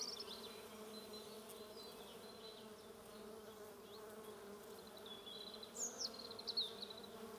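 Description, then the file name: Bees give a continuous droning buzz throughout, with a few thin, high bird chirps breaking in near the end. "buzzing bees"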